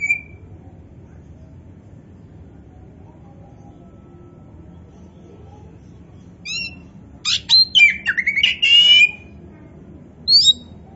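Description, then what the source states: Oriental magpie-robin song: a lone whistle, several quiet seconds, then a rich burst of warbled, scratchy and whistled notes, ending with one high chirp. Indonesian 'kacer poci' form, singing in 'gacor' style, meaning vigorous, continuous song.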